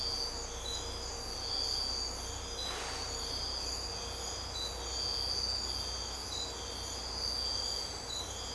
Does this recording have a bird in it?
no